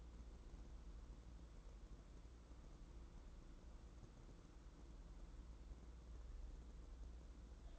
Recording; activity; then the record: daily activity, microphone in the room; wipe stove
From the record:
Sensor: 3